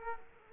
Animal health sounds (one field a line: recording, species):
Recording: mosquito wingbeat signal from an infrared sensor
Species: Culex quinquefasciatus